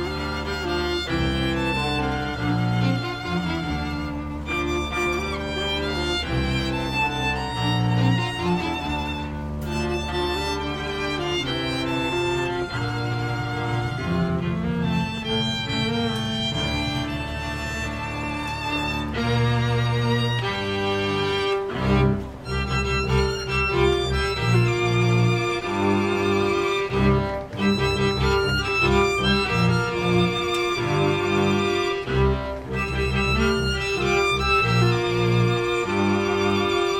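A string quartet plays steadily in a tunnel, full, with sustained bowed chords over a deep cello line and brief pauses between phrases.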